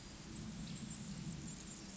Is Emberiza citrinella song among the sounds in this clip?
no